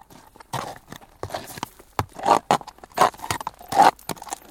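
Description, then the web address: Horse hooves striking a hard surface in uneven, clopping steps, with scraping and creaking sounds between the footfalls. Restless horse walking on tarmac, saddle creaking and tail swishing, then trotting off to the right. "BBC Horses Walking"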